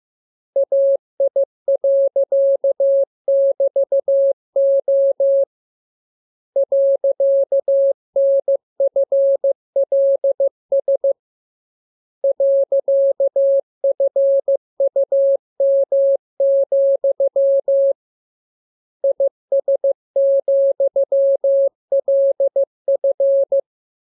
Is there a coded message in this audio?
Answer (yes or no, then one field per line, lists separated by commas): yes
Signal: Morse code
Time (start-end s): 0.6-23.6 s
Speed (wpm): 15 wpm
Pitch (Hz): 550 Hz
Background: none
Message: AI.<BT>O .NFLS .FUM, IS,LF